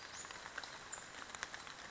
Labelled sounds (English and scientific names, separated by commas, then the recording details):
Western Flycatcher (Empidonax difficilis)
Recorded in Sonoma County, California